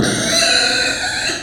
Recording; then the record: squeal of a Yucatan mini pig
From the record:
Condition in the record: before surgery on the right vocal fold (resection and tissue-engineered implant); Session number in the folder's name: 3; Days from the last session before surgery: 0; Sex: female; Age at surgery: 19 weeks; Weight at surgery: 25 kg